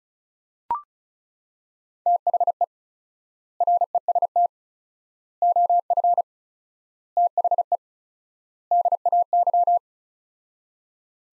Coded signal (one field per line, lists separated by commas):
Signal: Morse code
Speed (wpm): 34 wpm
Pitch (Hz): 700 Hz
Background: none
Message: THE REST OF THE DAY